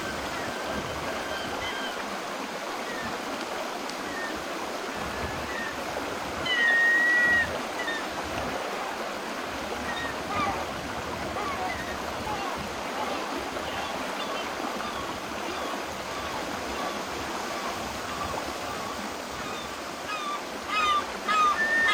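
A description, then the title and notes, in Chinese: Seagulls call at the seaside over a steady, dense wash of surf that barely changes. A short, bright cry stands out around seven seconds, and a few more gull calls come in near the end. 海边海鸥声。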